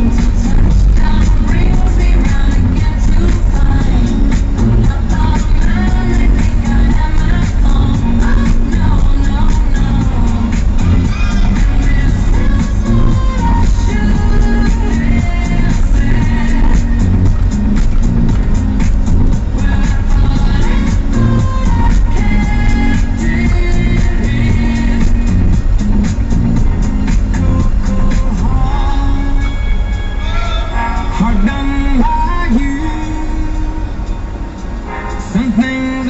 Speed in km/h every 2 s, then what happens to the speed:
18, 18, 17, 17, 17, 17, 17, 17, 16, 16, 16, 16, 16, 16, 14, 10, 9, 6.
0-27 steady at about 17. 27-36 slows to 6.